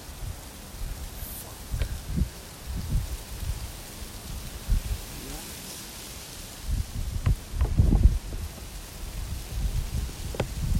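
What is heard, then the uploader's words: Strong wind buffets in low, uneven rumbling gusts, strongest around eight seconds, with a faint steady hiss and occasional sharp clicks and taps. Los Angeles Today’s High Winds.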